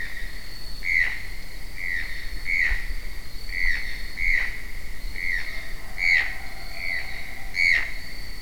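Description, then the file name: Channel-billed toucan croaking calls: short, hoarse yelping notes repeated about once a second in a steady series. A pair, recorded in São Paulo. "Ramphastos-vitellinus-casal-Pedro Barros-SP. ASilveira"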